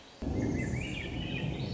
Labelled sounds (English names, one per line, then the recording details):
Swainson's Thrush
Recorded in Sonoma County, California